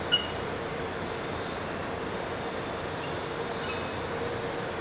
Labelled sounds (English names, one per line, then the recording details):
none
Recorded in pastures near Puerto Asís, Putumayo, Colombia, on 4 March 2025 at 03:30
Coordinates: 0.466, -76.322
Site CSA-02